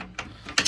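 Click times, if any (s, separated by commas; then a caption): 0.6 s. A waste pipe is pushed into a plastic clip on a wall-hung toilet frame, and it snaps in and seats with a sharp click at 0.6 s. A softer tap comes at 0.2 s, a faint rub near 0.5 s, and a second bright crack follows at 0.7 s.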